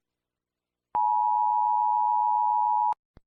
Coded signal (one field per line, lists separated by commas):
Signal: Emergency Alert System (SAME) tones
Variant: 853 and 960 Hz attention tone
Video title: EAS Scenario - The Deadly Big One